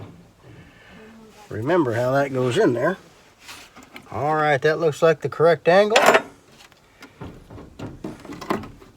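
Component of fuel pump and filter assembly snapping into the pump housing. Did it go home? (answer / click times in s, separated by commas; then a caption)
yes / 8.5 s. A component of the fuel pump and filter assembly from a 2012 Kia Soul is pressed into the pump housing at the correct angle. Someone talks, then small handling knocks and clicks are heard. The part snaps into place with a sharp click at 8.5 s.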